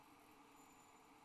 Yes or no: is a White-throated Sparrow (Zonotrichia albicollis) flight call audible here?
no